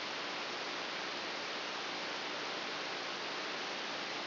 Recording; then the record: brain microelectrode recording played as sound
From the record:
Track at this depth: outside the subthalamic nucleus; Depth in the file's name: 7.001 mm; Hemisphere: right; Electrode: 3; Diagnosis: Parkinson's disease